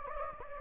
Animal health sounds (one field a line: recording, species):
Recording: mosquito wingbeat signal from an infrared sensor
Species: Anopheles gambiae